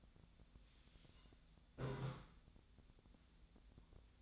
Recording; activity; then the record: daily activity, microphone in the room; take from stove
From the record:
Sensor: 3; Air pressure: 1009.9 hPa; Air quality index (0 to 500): 187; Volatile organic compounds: 14 ppm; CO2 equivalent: 2442 ppm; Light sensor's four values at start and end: 43/106/45/49 and 42/106/45/49